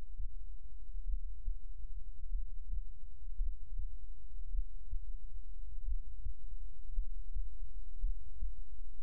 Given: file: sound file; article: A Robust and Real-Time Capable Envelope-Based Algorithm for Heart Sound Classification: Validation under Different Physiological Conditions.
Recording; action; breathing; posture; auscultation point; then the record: heart sounds by electronic stethoscope; rest; normal; lying on left side; Erb’s point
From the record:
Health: healthy, no known heart disease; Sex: male